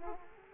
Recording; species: mosquito wingbeat signal from an infrared sensor; Aedes aegypti